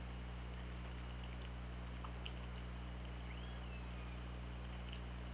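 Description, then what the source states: Orca whistle, one arching tone that rises, then falls and trails away, with scattered clicks and a constant low mechanical hum underwater. OrcaLab hydrophone, 24 August 2017, 19:18:41.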